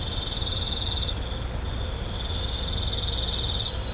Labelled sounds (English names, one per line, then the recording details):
none
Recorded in pastures near Puerto Asís, Putumayo, Colombia, on 16 December 2024 at 22:00
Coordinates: 0.502, -76.324
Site G077